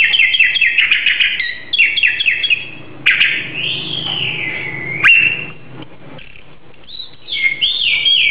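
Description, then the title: Oriental magpie-robin singing, quick series of descending whistled notes, then long sliding whistles and sharp clicks, loud and clear. "Kicau Kacer"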